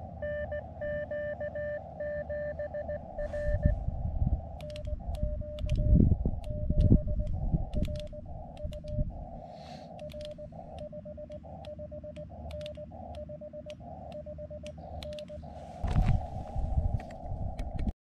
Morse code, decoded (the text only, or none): NQ7R NQ7R UR 55N 55N